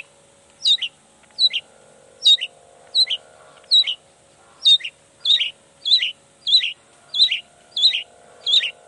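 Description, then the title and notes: Long-tailed shrike song: loud, sharp two-part notes dropping in pitch, repeated steadily about every 0.7 seconds, over a faint low hum. Cendet song in the morning, described as gacor (singing intensely) with toet toet variations, used to provoke other cendet into answering. "Cendet Gacor Dor Di Kala Pagi Toet Toet Variasi Suara. Cendet Gacor Pagi Hari Biangnya Bikin Cendet Manapun Langsung On Nyaut Buka Materi. Burung cendet"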